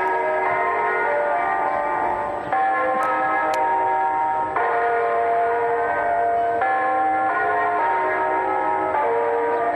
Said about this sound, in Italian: sono campane a festa che insomma seguono le numerose campane a morto di questi ultimi 12 mesi, forse anche qualcosa di più.